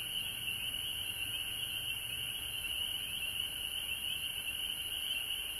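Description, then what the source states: Massed frog calls form a steady, high, slightly pulsing trill across the whole stretch, over a persistent high hiss. Recorded at home in Georgia on March 19, 2020.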